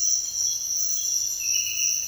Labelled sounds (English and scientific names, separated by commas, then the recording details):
none
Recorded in dense forest near Puerto Asís, Putumayo, Colombia, on 22 June 2025 at 05:30
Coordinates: 0.468, -76.322
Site GP03